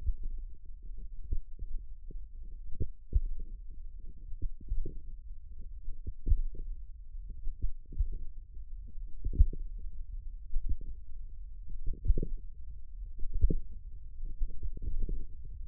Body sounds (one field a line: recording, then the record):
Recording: forearm muscle sounds (acoustic myography)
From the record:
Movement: tripod grip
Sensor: system 1, eight BSWA MPA416 microphones around the upper forearm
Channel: 6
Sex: female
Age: 21 years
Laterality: right